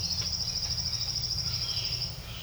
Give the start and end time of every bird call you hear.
[0.00, 2.43] Violaceous Jay (1.7-4.2 kHz)

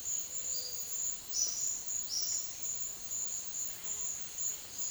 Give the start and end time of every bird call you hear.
[0.00, 2.29] Olive-faced Flatbill (4.0-6.2 kHz)
[0.14, 0.97] Gray-fronted Dove (0.2-1.2 kHz)

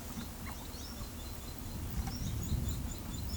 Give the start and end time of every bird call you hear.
[0.41, 3.36] Carib Grackle (2.9-8.2 kHz)

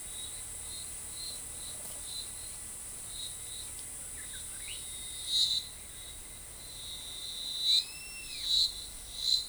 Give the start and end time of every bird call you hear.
[7.63, 8.45] Great Kiskadee (1.3-10.8 kHz)

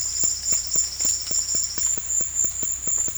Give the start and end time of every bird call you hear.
[0.00, 1.90] Silvered Antbird (4.0-7.4 kHz)

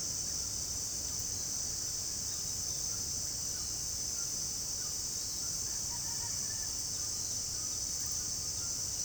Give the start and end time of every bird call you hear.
[3.98, 9.04] White-throated Toucan (0.6-2.5 kHz)

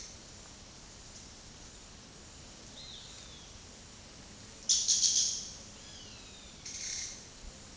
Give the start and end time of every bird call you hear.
[2.77, 3.48] Violaceous Jay (2.5-4.7 kHz)
[4.68, 5.54] unidentified bird (2.4-11.7 kHz)
[5.76, 6.50] Roadside Hawk (1.8-5.2 kHz)

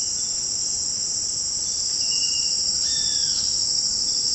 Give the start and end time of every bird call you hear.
[2.80, 3.47] Roadside Hawk (0.7-5.7 kHz)

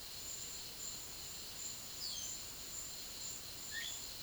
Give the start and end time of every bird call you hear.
[1.97, 2.41] Yellow-rumped Cacique (2.5-8.2 kHz)
[3.67, 3.96] Yellow-rumped Cacique (1.3-5.1 kHz)

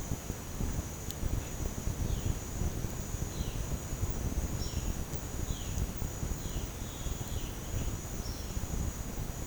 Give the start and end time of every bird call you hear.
[1.53, 7.97] Violaceous Jay (2.1-4.3 kHz)

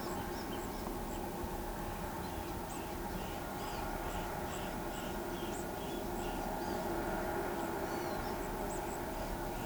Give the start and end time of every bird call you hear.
[0.00, 0.67] Great Kiskadee (2.2-8.6 kHz)

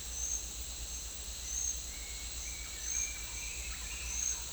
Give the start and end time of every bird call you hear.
[1.86, 4.21] Bright-rumped Attila (2.1-3.1 kHz)

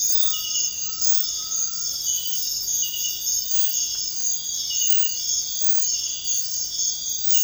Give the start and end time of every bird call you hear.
[0.20, 1.94] Undulated Tinamou (0.7-1.9 kHz)
[3.52, 5.93] Bright-rumped Attila (1.6-2.2 kHz)

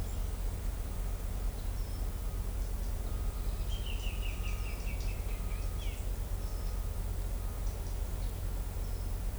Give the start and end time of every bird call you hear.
[3.67, 5.39] Pale-legged Hornero (2.1-3.4 kHz)
[5.77, 6.07] Black-chested Jay (2.0-3.6 kHz)

